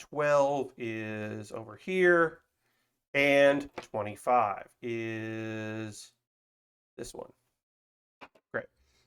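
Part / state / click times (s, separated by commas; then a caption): plastic kit corner piece into the model assembly / seated / 8.6 s. A plastic model kit corner piece, a corner of the puzzle build, is pressed into the model assembly while someone talks, then a sharp snap sounds at 8.6 s as it clicks home. The corner is seated.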